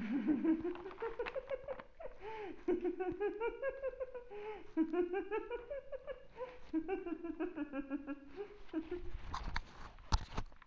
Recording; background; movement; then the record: laughter; quiet; sitting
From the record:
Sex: female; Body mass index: 36.4 kg/m2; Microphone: on the chest, facing outward